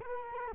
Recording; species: mosquito wingbeat signal from an infrared sensor; Culex quinquefasciatus